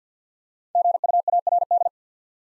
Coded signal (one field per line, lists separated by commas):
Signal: Morse code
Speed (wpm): 48 wpm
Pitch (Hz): 700 Hz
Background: none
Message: GUARD